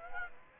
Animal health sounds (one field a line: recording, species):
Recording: mosquito wingbeat signal from an infrared sensor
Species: Aedes aegypti